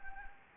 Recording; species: mosquito wingbeat signal from an infrared sensor; Anopheles gambiae